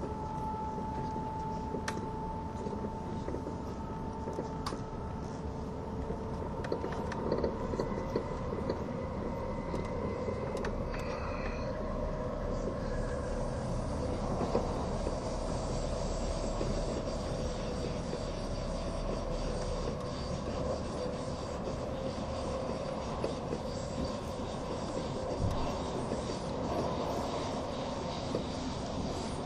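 A train runs along the Gotthard route with a steady, dense rumble and rattle that holds level throughout. Early on a thin high whine sounds, and from about 13 seconds a brighter hiss rises over the low roar, with occasional clicks and squeals.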